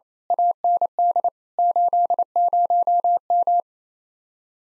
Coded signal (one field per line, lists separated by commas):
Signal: Morse code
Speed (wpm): 32 wpm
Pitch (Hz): 700 Hz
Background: none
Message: AND 80M